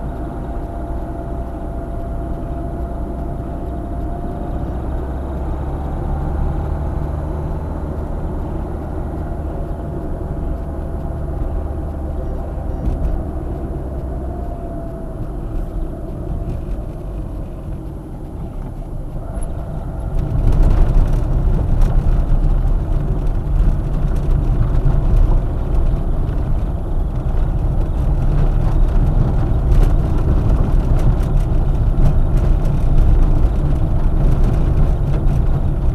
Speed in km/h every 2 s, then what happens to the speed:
45, 47, 52, 55, 54, 53, 44, 35, 29, 26, 24, 23, 24, 27, 27, 27, 25, 25.
2-5 speeds up to 55. 5-10 steady at about 54. 10-21 slows to 23. 21-36 steady at about 25.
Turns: none.